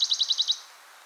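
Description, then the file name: Western Bonelli's warbler singing a short, fast trill of about six even notes, followed by quiet background. "pouillotdebonelli"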